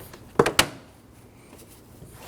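The other side of a plastic Y-shaped bracket next to the hood latch is pushed onto the small cross piece of the grille shutter during a dual radiator and condenser fan assembly replacement on a 2015-2024 Ford Edge 2.0L L4. Two sharp plastic snaps are heard at 0.4 s and 0.6 s, and the bracket side locks into place.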